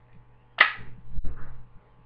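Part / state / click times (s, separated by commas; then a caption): pistol magazine into pistol grip magazine well / seated / 0.6 s. A converted steel Taurus PT 92/99 pistol magazine is pushed up into the magazine well in the grip of a polymer pistol while the magazine release button is held down, because new holes for the magazine catch have not been cut yet. A sharp click at 0.6 s marks the magazine locking in place, followed by quieter handling noise until about 1.7 s over a faint low hum. The magazine is seated.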